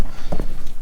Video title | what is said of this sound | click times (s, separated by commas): 4Runner Limited To TRD pro Front Bumper Swap/Conversion | it clicked in there and we'll just push its little | 0.3 s, 0.4 s